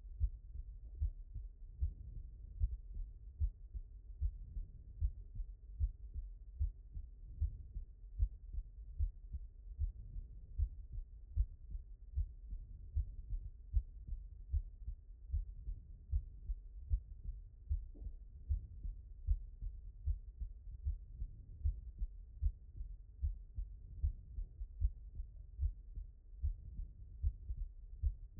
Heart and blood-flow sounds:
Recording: heart sounds by stethoscope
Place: aortic valve (AV)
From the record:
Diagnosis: non-HFrEF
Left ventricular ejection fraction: 67%

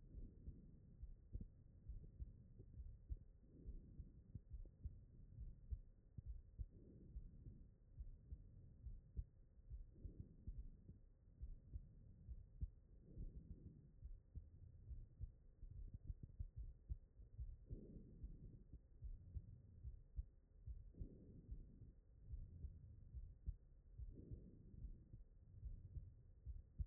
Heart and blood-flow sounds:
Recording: heart sounds by stethoscope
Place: aortic valve (AV)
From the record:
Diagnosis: non-HFrEF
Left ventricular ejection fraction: 42%

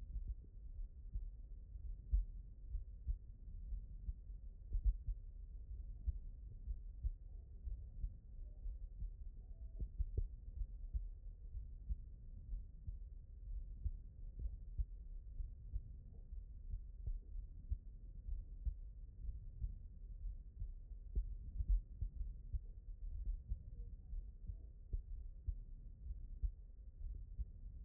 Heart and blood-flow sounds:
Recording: heart sounds by stethoscope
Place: mitral valve (MV)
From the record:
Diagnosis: non-HFrEF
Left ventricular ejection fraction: 61%

